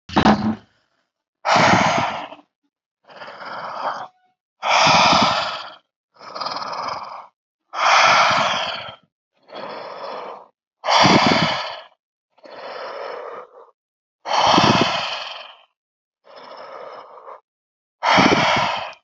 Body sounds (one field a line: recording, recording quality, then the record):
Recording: deep breathing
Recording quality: excellent, no background noise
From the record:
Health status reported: healthy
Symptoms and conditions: none ticked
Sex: male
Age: 38 years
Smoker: not ticked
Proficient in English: yes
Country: India